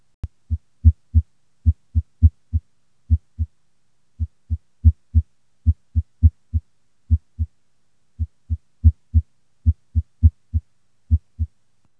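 Adult heart heard by stethoscope in atrial fibrillation: paired low-pitched heart sounds with irregular, varying intervals between beats.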